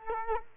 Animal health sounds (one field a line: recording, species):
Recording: mosquito wingbeat signal from an infrared sensor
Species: Culex quinquefasciatus